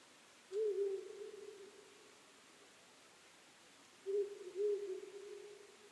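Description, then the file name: Owl: two deep hoots roughly three and a half seconds apart, each a pulsed onset trailing off into a long, even tone over faint hiss. Recorded 23 May 2010 at 00:59. "fukurou-20100523-0059"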